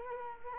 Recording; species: mosquito wingbeat signal from an infrared sensor; Culex quinquefasciatus